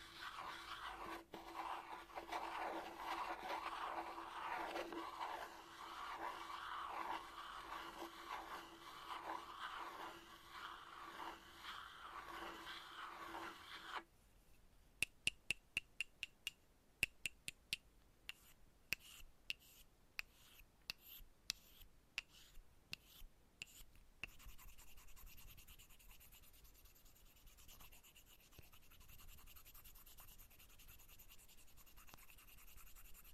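Chalk is scratched steadily for the first fourteen seconds, a dense rasping drag with a faint tonal squeak running underneath. It then stops, and a run of sharp, irregular taps follows until about twenty-four seconds, before a softer, quieter rubbing texture takes over to the end.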